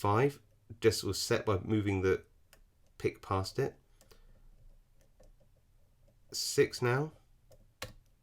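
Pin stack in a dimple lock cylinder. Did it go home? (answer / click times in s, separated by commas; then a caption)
yes / 7.8 s. Someone talks while working pin 6 of a dimple lock cylinder with a pick under light tension, with faint ticks in the quiet gaps. The pin sets with a sharp little click at 7.8 s.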